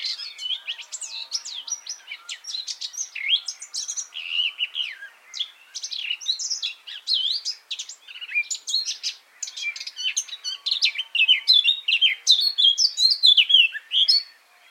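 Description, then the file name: Eurasian blackcap song, a continuous rich warbling of quick varied high notes, scratchy and fluting phrases running almost without pause. "Sylvia atricapilla"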